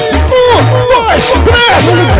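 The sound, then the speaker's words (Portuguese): A crowd at an arrocha party shouts and cheers loudly and continuously as the DJ plays music, many voices overlapping in rising and falling yells, with a low steady thump underneath. “E quem gostar, eu quero ver o grito.”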